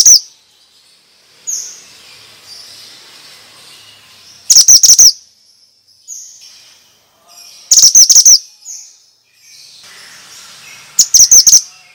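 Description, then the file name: Bird sings short whistled notes and delivers three loud bursts of rapid, shrill chirps spaced about three seconds apart. Effective lure for stressed birds; 'suara mantenan' sound. "Pancingan Ampuh Burung Stress Suara Mantenan"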